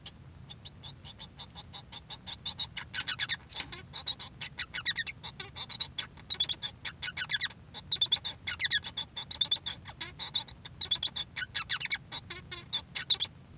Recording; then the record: song of a male Bengalese finch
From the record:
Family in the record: son of father 1